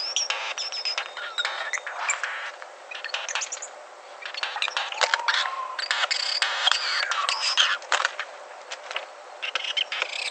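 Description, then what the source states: Regent Bowerbird making crackling clicks mixed with thin whistled notes and short downward-sliding squeals, irregular and chattering, several sounds overlapping. Male bowerbird that exhausts himself for his female and builds a beautiful bower; voice likened to a cat or a reptile.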